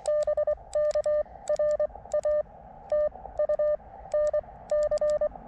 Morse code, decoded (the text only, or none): BK RATU NC